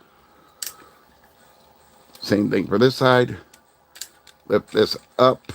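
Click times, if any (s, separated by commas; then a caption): 0.6 s. A plastic toy figure's foot is rotated in and locked back into place in the leg, giving a single sharp click at 0.6 s. Afterward someone talks, with a few faint handling taps in between. The foot is seated and locked.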